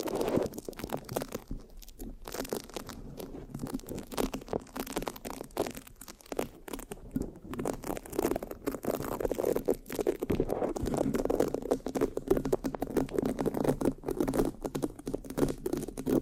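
Mic scratching with sticky, tacky textures, a dense stream of rough rubbing and crackling taps that never stops. The sound sits mostly in the low and middle range, with sharp clicks scattered throughout, and it grows slightly fuller after about ten seconds.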